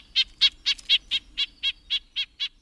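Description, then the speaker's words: Red-breasted Nuthatch giving a fast series of nasal, tinny notes, about four per second, evenly spaced and steady in pitch, against a quiet background. Rapid calls that keep their nasal edge; red-breasted calls often written as yank, yank. "Red-breasted nuthatches sometimes call rapidly, too, but the nasal edge still rings true."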